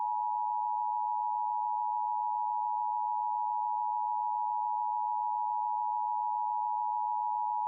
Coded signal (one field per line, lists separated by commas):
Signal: Emergency Alert System (SAME) tones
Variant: 853 and 960 Hz attention tone